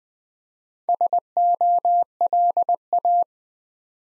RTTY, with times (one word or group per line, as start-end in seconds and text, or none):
none